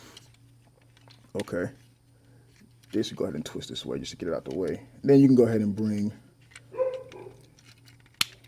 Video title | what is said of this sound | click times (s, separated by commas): Warbotron Whirl Wind Braves Toy Review | is going to snap up and there you have the front of the | 8.2 s